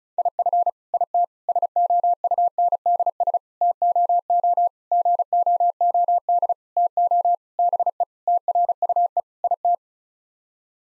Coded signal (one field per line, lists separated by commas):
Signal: Morse code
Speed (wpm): 36 wpm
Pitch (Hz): 700 Hz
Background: none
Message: IF IT SOUNDS TOO GOOD TO BE TRUE IT